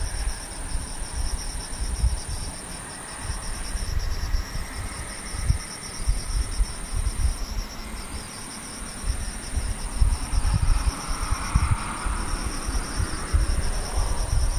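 Insects keep up a steady, high, shrill chirring through the whole stretch, one thin tone pausing briefly near four and seven seconds before resuming. A lower pulsing buzz runs beneath it, while a rough low rumble, like wind or passing traffic, fluctuates throughout.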